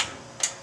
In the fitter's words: but you hear that click.